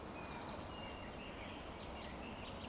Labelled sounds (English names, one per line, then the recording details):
Eurasian Woodcock
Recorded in Baden-Württemberg, Germany, on 16 June 2020 at 19:57 UTC
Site 14569, 102 m above sea level